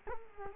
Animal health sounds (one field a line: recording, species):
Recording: mosquito wingbeat signal from an infrared sensor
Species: Culex quinquefasciatus